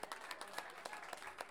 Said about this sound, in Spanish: Ahí viene la chica. Un aplauso para ella.